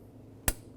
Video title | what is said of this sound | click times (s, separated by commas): How To Replace Engine Water Pump 2009-2018 Ram 1500 | listen for a click make sure they're secure | 0.5 s